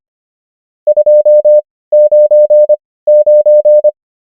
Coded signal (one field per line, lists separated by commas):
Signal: Morse code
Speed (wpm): 25 wpm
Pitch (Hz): 600 Hz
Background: none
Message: 299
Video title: morse code practice | 25wpm | 17fw | numbers | ENGLISH